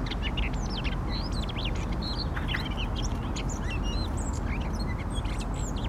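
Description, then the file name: Eurasian blackcap song, a fast run of varied whistled and warbled notes, rising and falling, delivered almost without pause over a steady low rumble. "Sylvia atricapilla"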